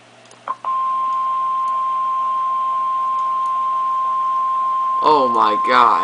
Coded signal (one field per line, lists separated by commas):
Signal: Emergency Alert System (SAME) tones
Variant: 1050 Hz attention tone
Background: speech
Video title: Tornado Warning for Southeastern Lincoln County OK {EAS #1200!} 5-20-13